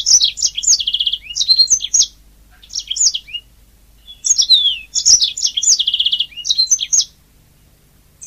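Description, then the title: Oriental magpie-robin song: bright whistles and rapid trills in two long phrases, separated by a pause holding a short phrase of a few notes. "Kicau Kacer"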